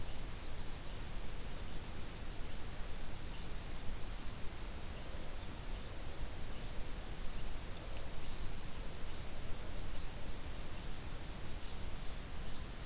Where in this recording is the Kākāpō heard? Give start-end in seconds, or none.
none